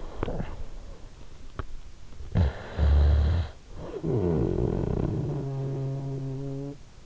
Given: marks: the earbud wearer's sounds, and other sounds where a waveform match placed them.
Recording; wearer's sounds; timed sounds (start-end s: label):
sounds in sleep by an in-ear microphone; talking in sleep, snoring breath
0.00-0.68 s: talking in sleep
2.02-6.83 s: snoring breath